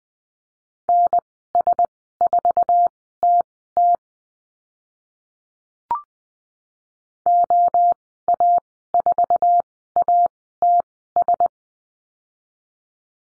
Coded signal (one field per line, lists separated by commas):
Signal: Morse code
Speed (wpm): 20 wpm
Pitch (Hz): 700 Hz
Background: none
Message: NS4TT OA4ATS